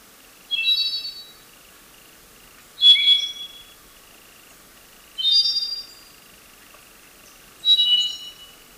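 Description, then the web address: Andean solitaire singing four brief, clear, metallic phrases roughly every two and a half seconds, with a faint steady high hum underneath. Recorded in Ecuador. "Birds of Ecuador Andean Solitaire"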